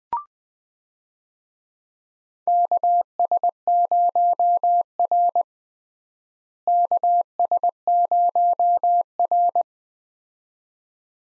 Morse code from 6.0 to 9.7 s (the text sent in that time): KS0R